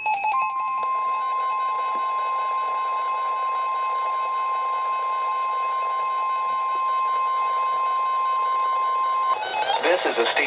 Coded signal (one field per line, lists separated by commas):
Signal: Emergency Alert System (SAME) tones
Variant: 1050 Hz attention tone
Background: speech